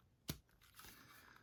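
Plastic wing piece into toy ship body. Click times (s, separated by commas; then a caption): 0.3 s. A small plastic wing attachment piece of a Star Wars Micro Galaxy Squadron Rebel U-Wing toy is pushed into its slot on the ship body. It gives one sharp, bright click at 0.3 s, followed by soft, low-level rustling and handling noise. The wing piece clicks and is seated in its mount.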